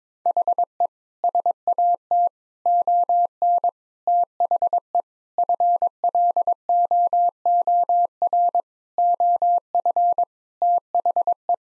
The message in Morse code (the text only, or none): HE SAT ON THE FLOOR OF THE